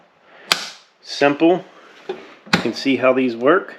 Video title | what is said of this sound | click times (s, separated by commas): How to change air and oil filter and oil in a kubota b series tractor | I'm going to latch the one on the bottom first. Then I'm going to latch the one on the top. | 0.5 s